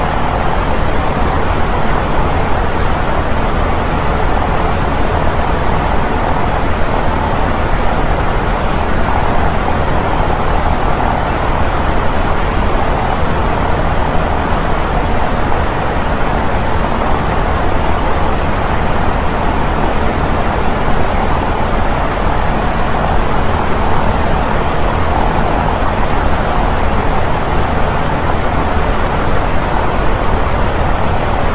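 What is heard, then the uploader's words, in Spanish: A fan's blades whir in a steady, unbroken rush of deep brown noise. The sound is dense and even, weighted toward low rumble and a soft midrange hum, with the highs muted. Nothing changes or stands out across the whole stretch. Aspa del Ventilador Ruido Marrón. Tomamos el sonido relajante de las aspas del ventilador y lo combinamos con el ruido marrón.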